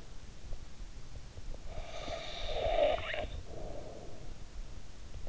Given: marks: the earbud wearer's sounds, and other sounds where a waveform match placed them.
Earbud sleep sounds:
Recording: sounds in sleep by an in-ear microphone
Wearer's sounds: snoring breath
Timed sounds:
1.34-4.75 s: snoring breath

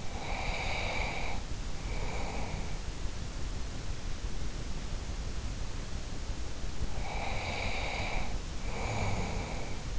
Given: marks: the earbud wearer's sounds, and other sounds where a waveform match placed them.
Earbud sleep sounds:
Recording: sounds in sleep by an in-ear microphone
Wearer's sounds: breath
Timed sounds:
0.00-2.86 s: breath
6.78-9.97 s: breath

